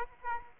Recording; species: mosquito wingbeat signal from an infrared sensor; Aedes aegypti